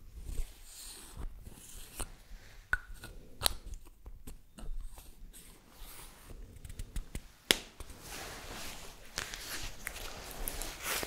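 Quiet, unintelligible whispering, breathy hisses broken by soft clicks and taps, with a sharp snap near eight seconds.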